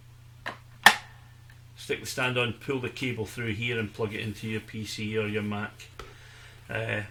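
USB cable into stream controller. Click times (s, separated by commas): 0.9 s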